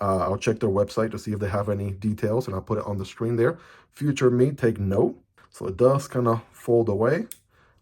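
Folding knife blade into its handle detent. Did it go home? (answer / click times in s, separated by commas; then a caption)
no / none. A man talks throughout while handling a small KeyUnity keychain folding knife (KK00 or KK10XS) with a titanium chisel-grind blade, folding the blade toward its handle detent. The clip ends before the blade clicks into its detent, so nothing has seated or clicked yet.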